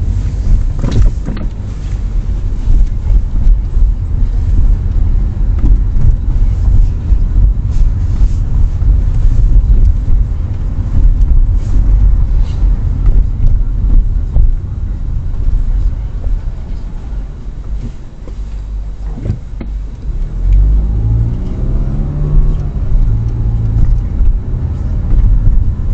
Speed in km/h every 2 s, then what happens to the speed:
24, 26, 27, 29, 29, 29, 23, 12, 0, 0, 15, 25, 30.
0-11 steady at about 27. 11-15 brakes to 0. 15-18 standing. 18-26 pulls away to 30.